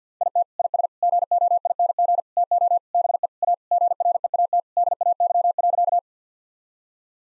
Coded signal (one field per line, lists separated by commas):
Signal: Morse code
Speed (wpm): 50 wpm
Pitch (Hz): 700 Hz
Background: none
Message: IT IS GOING TO BE A GREAT DAY.